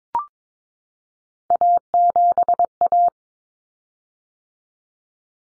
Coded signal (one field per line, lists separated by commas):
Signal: Morse code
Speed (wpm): 22 wpm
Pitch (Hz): 700 Hz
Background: none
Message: A7A